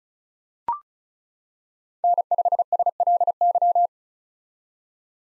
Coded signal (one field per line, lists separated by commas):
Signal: Morse code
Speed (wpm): 36 wpm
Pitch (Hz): 700 Hz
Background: none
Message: N5SLY